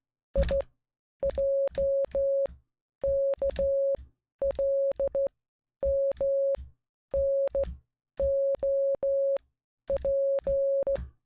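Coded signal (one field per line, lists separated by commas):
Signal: Morse code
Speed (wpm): 16 wpm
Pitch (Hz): 550 Hz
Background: music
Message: IJKLMNOP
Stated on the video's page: Morse code practice of alphabet, words and numbers 1-10.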